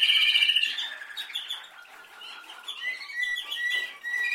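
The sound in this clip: Canary song opening with a loud, ringing high trill, then quieter chattering notes and repeated notes toward the end.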